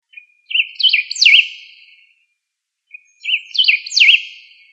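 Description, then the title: Bird song: two bright, warbled phrases of rising and falling whistled notes, separated by a short silent pause. "LuckyPassaro Completos2Sama"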